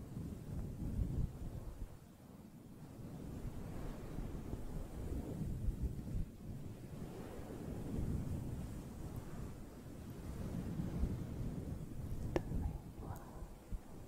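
Storm wind roars against the microphone in heavy, low buffeting gusts that swell and ease every few seconds, with a constant hiss behind them. A surf-like wash runs underneath, and a sharp crack lands near the twelve-second mark.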